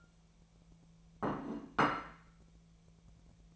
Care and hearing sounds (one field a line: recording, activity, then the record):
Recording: daily activity, microphone in the room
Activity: place plate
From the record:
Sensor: 1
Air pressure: 1000.2 hPa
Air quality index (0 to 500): 144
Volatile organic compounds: 3 ppm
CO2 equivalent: 1356 ppm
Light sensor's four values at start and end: 29/72/31/37 and 29/72/31/37